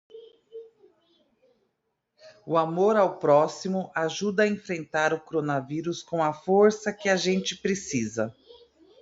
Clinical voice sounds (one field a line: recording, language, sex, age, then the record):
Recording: spoken sentence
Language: Brazilian Portuguese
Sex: female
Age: 40 to 49 years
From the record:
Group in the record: control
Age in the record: 41 years